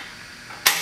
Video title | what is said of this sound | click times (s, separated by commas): M50 Series Comparison.mp4 | you here to click what that does is they're every 45 degrees the spindle locks in place | 0.7 s